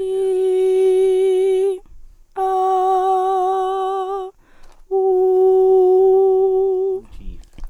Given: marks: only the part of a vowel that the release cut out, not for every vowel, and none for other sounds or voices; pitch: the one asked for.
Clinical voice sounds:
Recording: sustained vowels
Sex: female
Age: 18 to 19 years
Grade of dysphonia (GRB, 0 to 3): 0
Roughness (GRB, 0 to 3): 0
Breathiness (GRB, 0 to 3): 0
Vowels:
0.24-1.62 s: vowel /i/, high pitch
2.45-4.11 s: vowel /a/, high pitch
5.14-6.89 s: vowel /u/, high pitch
From the record:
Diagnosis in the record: healthy voice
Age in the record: 19 years

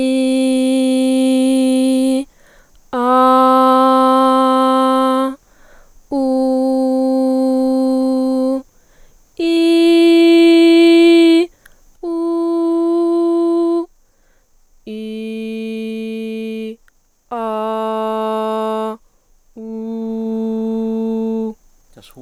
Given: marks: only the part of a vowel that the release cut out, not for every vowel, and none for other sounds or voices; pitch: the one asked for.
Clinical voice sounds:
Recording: sustained vowels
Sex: female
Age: 20 to 29 years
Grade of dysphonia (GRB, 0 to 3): 0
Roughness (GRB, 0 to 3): 0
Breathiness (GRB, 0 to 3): 0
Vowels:
0.00-1.99 s: vowel /i/, normal pitch
3.36-5.06 s: vowel /a/, normal pitch
6.41-8.38 s: vowel /u/, normal pitch
14.97-16.59 s: vowel /i/, low pitch
17.42-18.82 s: vowel /a/, low pitch
19.80-21.34 s: vowel /u/, low pitch
From the record:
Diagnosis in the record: healthy voice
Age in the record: 20 years

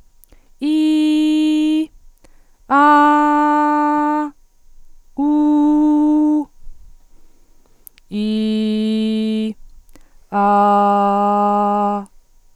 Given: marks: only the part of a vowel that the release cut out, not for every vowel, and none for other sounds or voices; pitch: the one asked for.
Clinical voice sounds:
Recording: sustained vowels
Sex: female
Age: 20 to 29 years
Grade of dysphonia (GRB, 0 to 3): 0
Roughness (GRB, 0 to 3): 0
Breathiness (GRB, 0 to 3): 0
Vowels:
0.67-1.79 s: vowel /i/, high pitch
2.78-4.21 s: vowel /a/, high pitch
5.68-6.39 s: vowel /u/, high pitch
8.19-9.45 s: vowel /i/, low pitch
10.40-11.93 s: vowel /a/, low pitch
From the record:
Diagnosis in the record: healthy voice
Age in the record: 21 years

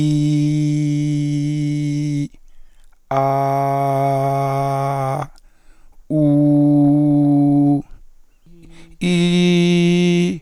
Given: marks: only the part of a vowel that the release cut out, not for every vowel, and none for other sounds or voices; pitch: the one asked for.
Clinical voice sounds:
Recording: sustained vowels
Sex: male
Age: 40 to 49 years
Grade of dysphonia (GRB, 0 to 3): 1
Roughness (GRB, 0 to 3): 1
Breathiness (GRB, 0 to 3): 0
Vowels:
0.00-1.95 s: vowel /i/, normal pitch
3.32-5.06 s: vowel /a/, normal pitch
6.27-7.63 s: vowel /u/, normal pitch
9.14-10.21 s: vowel /i/, high pitch
From the record:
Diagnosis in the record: hyperfunctional dysphonia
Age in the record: 41 years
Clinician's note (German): Hyperfunktionelle Dysphonie

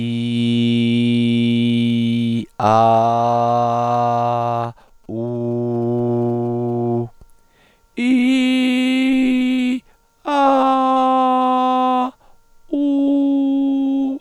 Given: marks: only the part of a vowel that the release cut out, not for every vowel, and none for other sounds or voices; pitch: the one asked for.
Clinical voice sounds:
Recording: sustained vowels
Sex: male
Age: 50 to 59 years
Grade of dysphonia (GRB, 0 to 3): 0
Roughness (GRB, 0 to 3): 0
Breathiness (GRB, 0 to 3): 0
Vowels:
0.00-2.31 s: vowel /i/, normal pitch
2.77-4.58 s: vowel /a/, normal pitch
5.22-6.91 s: vowel /u/, normal pitch
8.14-9.06 s: vowel /i/, high pitch
10.51-11.98 s: vowel /a/, high pitch
12.80-14.03 s: vowel /u/, high pitch
From the record:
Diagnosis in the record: contact pachydermia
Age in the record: 55 years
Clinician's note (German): Zustand nach Abtragung

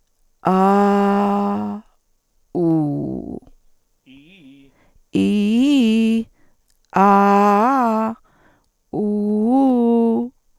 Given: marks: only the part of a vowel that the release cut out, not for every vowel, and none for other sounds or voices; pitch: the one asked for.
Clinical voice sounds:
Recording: sustained vowels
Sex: female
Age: 60 to 69 years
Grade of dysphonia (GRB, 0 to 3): 0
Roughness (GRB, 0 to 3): 0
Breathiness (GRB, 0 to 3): 0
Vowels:
0.51-1.65 s: vowel /a/, low pitch
2.59-3.15 s: vowel /u/, low pitch
5.21-6.16 s: vowel /i/, low-high-low pitch
7.02-8.05 s: vowel /a/, low-high-low pitch
9.00-10.16 s: vowel /u/, low-high-low pitch
From the record:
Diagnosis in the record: functional dysphonia, psychogenic dysphonia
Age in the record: 67 years

